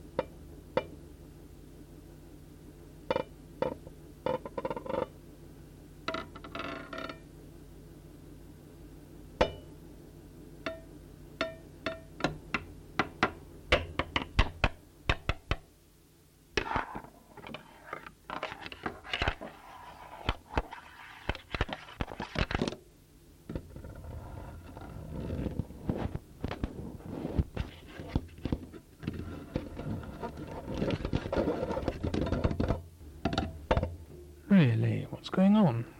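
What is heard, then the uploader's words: Fingers and hands tap and drum on microphones, making sharp knocks over a low steady hum. Early taps are sparse and irregular, then around sixteen seconds the drumming grows busier, with dense rumbling scrapes and thumps clustering toward the end. SFX - Drumming On Mikes by Chris Hester.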